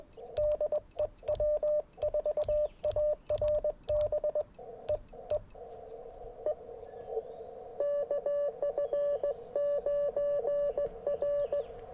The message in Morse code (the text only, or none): DE W4ARB E E E KF9R